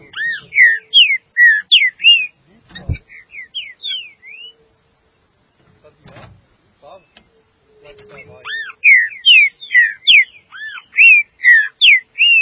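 Green-winged saltator delivering loud, rhythmic whistled phrases of swooping notes, a quieter pause with a thud, then the phrase resumes strongly.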